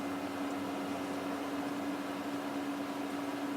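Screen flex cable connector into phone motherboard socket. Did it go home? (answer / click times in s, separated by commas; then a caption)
no / none. A Samsung Galaxy S8 is flipped back over so the new LCD screen's flex cable connector can be pressed onto its motherboard socket. Only a steady hum with a constant low tone is heard, with no sudden sounds. The connector has not snapped into place yet; nothing has seated or clicked.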